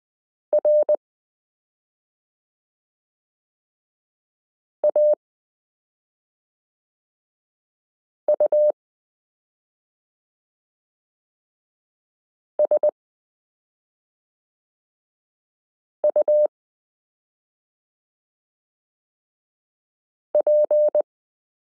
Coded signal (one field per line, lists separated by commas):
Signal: Morse code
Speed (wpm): 20 wpm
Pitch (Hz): 600 Hz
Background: none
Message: RAUSUP